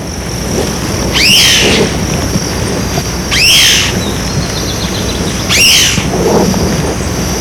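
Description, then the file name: Large-tailed antshrike giving three sweeping, bending high notes about two seconds apart, over a steady high-pitched drone. Recorded in Itatiaia National Park, Rio de Janeiro, Brazil, on 22 April 1994. "Mackenziana-leachi-PNItat-RJ-22-4-94-ASilveira"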